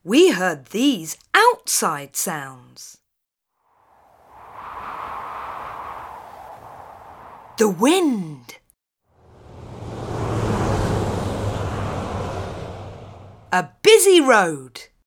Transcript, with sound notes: We heard these outside sounds: [FX: WIND] The wind. [FX: TRAFFIC] A busy road.